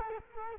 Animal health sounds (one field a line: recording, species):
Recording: mosquito wingbeat signal from an infrared sensor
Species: Culex quinquefasciatus